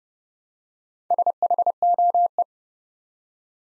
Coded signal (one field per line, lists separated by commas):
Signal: Morse code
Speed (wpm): 28 wpm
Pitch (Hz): 700 Hz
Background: none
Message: SHOE